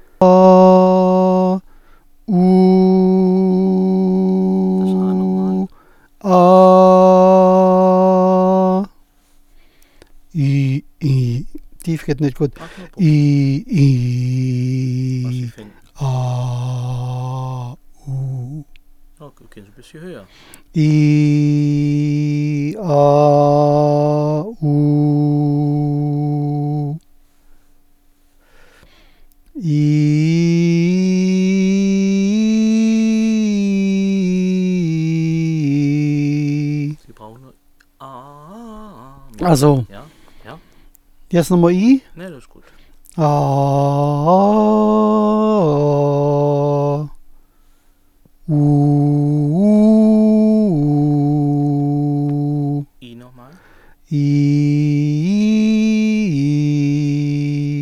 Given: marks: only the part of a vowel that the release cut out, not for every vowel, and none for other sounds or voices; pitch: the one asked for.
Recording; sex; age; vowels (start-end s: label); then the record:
sustained vowels; male; 60 to 69 years
0.81-1.43 s: vowel /a/, high pitch
3.12-4.43 s: vowel /u/, high pitch
20.98-22.58 s: vowel /i/, low pitch
23.14-24.20 s: vowel /a/, low pitch
24.84-26.15 s: vowel /u/, low pitch
43.37-46.78 s: vowel /a/, low-high-low pitch
48.64-52.55 s: vowel /u/, low-high-low pitch
54.27-57.61 s: vowel /i/, low-high-low pitch
From the record:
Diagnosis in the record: healthy voice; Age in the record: 61 years